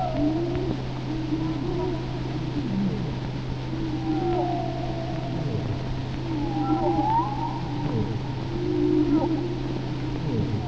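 Whale vocalizations: sweeping tonal whistles and lower moans, some sharply upswept, scattered throughout over a persistent low engine-like hum.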